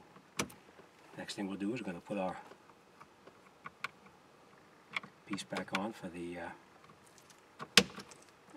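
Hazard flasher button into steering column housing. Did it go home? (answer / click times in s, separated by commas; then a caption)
yes / 7.8 s. The hazard flasher button is pushed back onto the steering column housing while someone talks, with small clicks and taps along the way. A sharp, loud snap at 7.8 s marks the button seating into the column.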